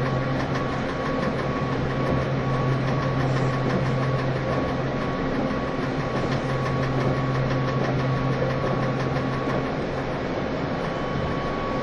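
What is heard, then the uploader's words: A train runs steadily with a dense, constant rumble, a low drone and a faint high whine, plus rapid rattling throughout. E351系 Sあずさ18号. 松本～新宿. 2018年で全車引退したJR東日本唯一の振り子式車両であったE351系です。 速達運用だった＂スーパーあずさ18号＂の列車走行音(静止画)です。 Train running sound.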